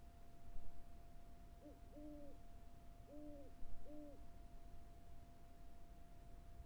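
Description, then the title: Owl giving four low, hollow hoots within a few seconds, closely spaced, over light background noise and a faint steady hum. Carrizo Plain. "neoscenes: Carrizo Plains owl"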